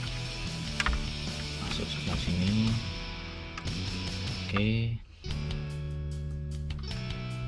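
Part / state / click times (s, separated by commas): wiring harness connector into car head unit port / not seated / none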